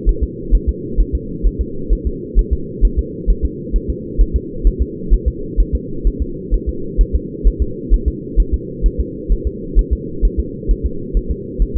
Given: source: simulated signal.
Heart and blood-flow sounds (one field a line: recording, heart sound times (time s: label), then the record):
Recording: fetal heart sounds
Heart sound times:
0.09 s: S1
0.24 s: S2
0.55 s: S1
0.69 s: S2
1.00 s: S1
1.15 s: S2
1.47 s: S1
1.61 s: S2
1.93 s: S1
2.07 s: S2
2.39 s: S1
2.53 s: S2
2.85 s: S1
2.99 s: S2
3.30 s: S1
3.45 s: S2
3.76 s: S1
3.90 s: S2
4.21 s: S1
4.36 s: S2
4.67 s: S1
4.82 s: S2
5.14 s: S1
5.28 s: S2
5.60 s: S1
5.75 s: S2
6.07 s: S1
6.22 s: S2
6.54 s: S1
6.69 s: S2
7.01 s: S1
7.15 s: S2
7.47 s: S1
7.62 s: S2
7.94 s: S1
8.08 s: S2
8.40 s: S1
8.54 s: S2
8.86 s: S1
9.00 s: S2
9.32 s: S1
9.47 s: S2
9.79 s: S1
9.93 s: S2
10.25 s: S1
10.40 s: S2
10.71 s: S1
10.86 s: S2
11.17 s: S1
11.31 s: S2
11.62 s: S1
11.77 s: S2
From the record:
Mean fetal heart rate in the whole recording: 130 bpm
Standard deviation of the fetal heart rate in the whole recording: 2 bpm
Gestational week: 36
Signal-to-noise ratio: -4.3 dB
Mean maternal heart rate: 72 bpm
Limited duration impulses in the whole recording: absent